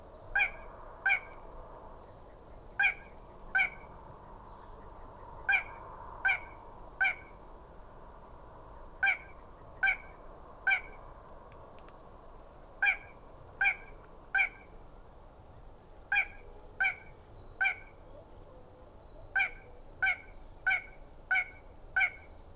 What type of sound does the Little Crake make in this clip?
song